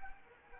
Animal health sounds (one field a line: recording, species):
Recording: mosquito wingbeat signal from an infrared sensor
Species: Anopheles arabiensis